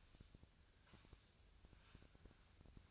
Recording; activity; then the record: daily activity, microphone in the room; sweep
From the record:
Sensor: 2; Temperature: 24.9 degrees Celsius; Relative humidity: 39.7%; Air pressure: 1001.5 hPa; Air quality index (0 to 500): 227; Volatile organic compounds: 26 ppm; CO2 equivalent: 2852 ppm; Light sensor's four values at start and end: 8/27/10/10 and 8/27/10/10